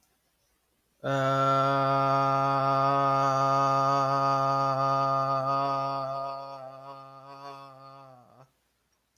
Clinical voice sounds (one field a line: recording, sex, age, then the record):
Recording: vowel held as long as possible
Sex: male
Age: 20 to 29 years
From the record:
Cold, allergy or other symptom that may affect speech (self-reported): no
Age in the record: 23 years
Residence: Illinois, United States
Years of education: 12